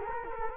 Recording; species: mosquito wingbeat signal from an infrared sensor; Culex quinquefasciatus